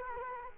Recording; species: mosquito wingbeat signal from an infrared sensor; Culex quinquefasciatus